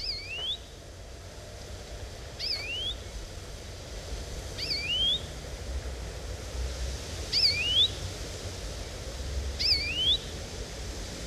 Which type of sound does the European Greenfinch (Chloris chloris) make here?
call